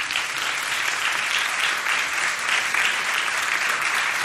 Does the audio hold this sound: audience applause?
yes